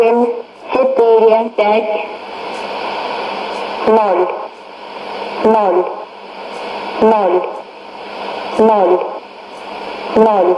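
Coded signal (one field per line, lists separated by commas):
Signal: numbers station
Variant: S06s Russian Lady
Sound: female voice reading single Russian numbers at even intervals, such as "nol"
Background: radio static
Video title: 31 05 2017 Numbers station S06s Russian Lady in Russian to Eu 0732 on 12110 unknown tx site in CUSB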